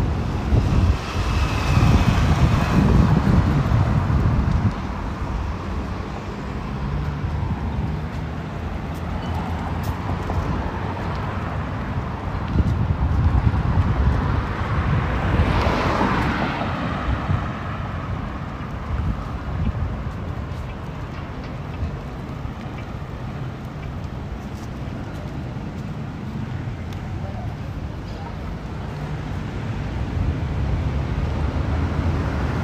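A walk through Ramat Aviv, Israel, with a steady low rumble of traffic and wind buffeting the microphone throughout. Around the middle, near fifteen seconds, a vehicle swells past and fades. Quieter stretches follow, with faint scattered street sounds beneath the constant hum.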